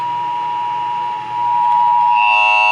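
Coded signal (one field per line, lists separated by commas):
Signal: Emergency Alert System (SAME) tones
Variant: 853 and 960 Hz attention tone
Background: music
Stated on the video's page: AMBER Alert SAME tones for New York.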